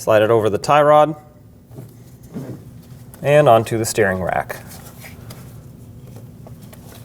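A rubber bellows boot is slid over the tie rod toward the steering rack housing during an inner tie rod replacement on a 2006-2015 Lexus IS250, while someone talks. After the talking, only faint, brief handling sounds are heard over a low steady hum. Nothing has seated or clicked yet.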